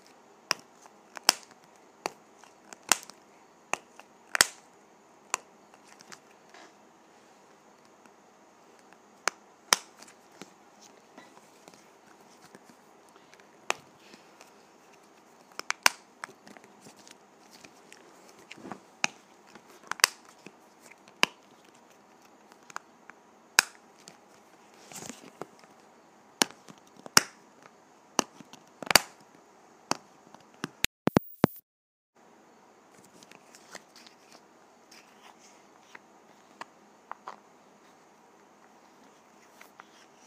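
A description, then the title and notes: A small plastic lip gloss container is handled, giving sharp clicks and taps at an irregular pace, a few every couple of seconds. A faint steady hiss runs underneath. Just past thirty seconds one harsh burst cuts in before the tapping resumes. ASMR Lip Gloss Container.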